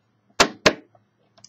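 A RAM stick is pressed down evenly at both ends into a motherboard DIMM socket, and its two plastic retention tabs snap shut with two sharp clicks at 0.4 s and 0.7 s. A few faint small ticks follow, and the memory module is seated.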